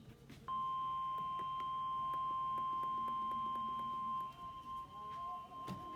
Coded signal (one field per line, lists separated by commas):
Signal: Emergency Alert System (SAME) tones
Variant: 1050 Hz attention tone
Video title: Severe Thunderstorm Warning On WXL40, WNNK, WQXA And WWKL 7/11/21 (EAS #738-741)